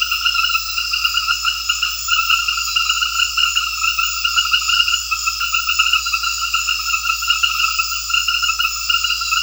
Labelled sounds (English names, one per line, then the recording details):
none
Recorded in secondary vegetation near Puerto Asís, Putumayo, Colombia, on 9 March 2025 at 21:00
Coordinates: 0.498, -76.327
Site G001